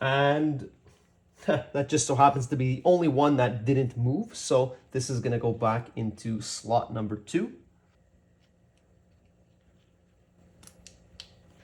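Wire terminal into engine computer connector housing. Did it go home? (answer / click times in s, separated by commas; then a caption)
yes / 10.7 s, 10.9 s, 11.2 s. Someone talks for about the first 7.5 seconds, then a crimped wire terminal for pin 2, the only one that didn't move, is pushed back into slot 2 of a plastic engine-computer connector housing on an N55-swapped F31 335i wagon. Faint, tiny clicks are heard at 10.7, 10.9 and 11.2 seconds as the terminal fully seats in its cavity, after which it can't be pulled back out.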